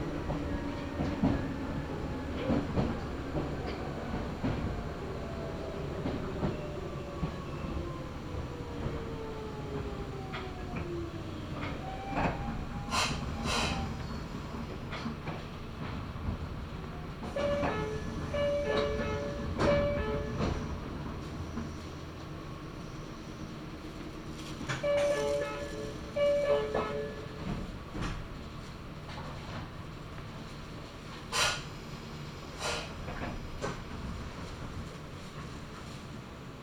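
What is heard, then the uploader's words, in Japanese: A Meitetsu Gamagori Line train runs from Gamagori toward Kira-Yoshida, its low rumble and rolling wheel noise steady throughout. Falling tones sweep down early on, and sharp clacks and squeals cluster around 13, 18–20, 25–27 and 31 seconds. 名古屋鉄道 蒲郡線 蒲郡→吉良吉田。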